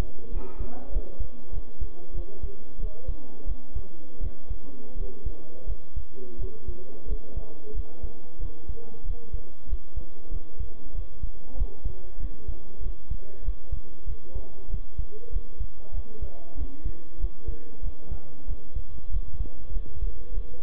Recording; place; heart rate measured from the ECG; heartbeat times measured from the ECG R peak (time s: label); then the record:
heart sounds by stethoscope; between the tricuspid and mitral areas; 93 bpm
0.30 s: heartbeat
0.90 s: heartbeat
1.51 s: heartbeat
2.13 s: heartbeat
2.78 s: heartbeat
3.45 s: heartbeat
4.20 s: heartbeat
4.95 s: heartbeat
5.66 s: heartbeat
6.37 s: heartbeat
7.06 s: heartbeat
7.73 s: heartbeat
8.39 s: heartbeat
9.04 s: heartbeat
9.67 s: heartbeat
10.29 s: heartbeat
10.93 s: heartbeat
11.55 s: heartbeat
12.18 s: heartbeat
12.80 s: heartbeat
13.42 s: heartbeat
14.05 s: heartbeat
14.68 s: heartbeat
15.30 s: heartbeat
15.92 s: heartbeat
16.55 s: heartbeat
17.18 s: heartbeat
17.81 s: heartbeat
18.46 s: heartbeat
19.10 s: heartbeat
19.72 s: heartbeat
20.32 s: heartbeat
From the record:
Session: bicycle stress test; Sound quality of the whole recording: good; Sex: male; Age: 23 years